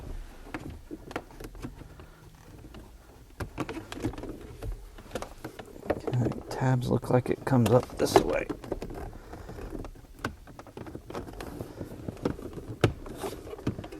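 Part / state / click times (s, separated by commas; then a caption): plastic dash trim panel into car dashboard / not seated / none. A plastic dash trim panel is handled at its tabs beside the dashboard of a 2007 Nissan Altima after an aftermarket radio install, while someone talks. Light plastic taps and knocks are heard, with sharper hits around 10.3 s and 12.8 s. Nothing has seated or clicked yet.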